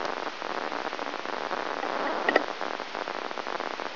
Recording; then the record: brain microelectrode recording played as sound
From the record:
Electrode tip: inside the subthalamic nucleus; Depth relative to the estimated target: 1 mm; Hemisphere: left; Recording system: AlphaMap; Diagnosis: Parkinson's disease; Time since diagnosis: 20 years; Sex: female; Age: 65 years